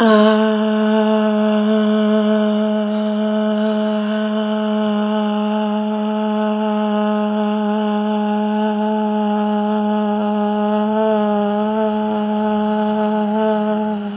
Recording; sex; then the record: sustained vowel /a/; female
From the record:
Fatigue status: no fatigue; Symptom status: symptomatic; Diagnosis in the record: COVID-19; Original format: 3gp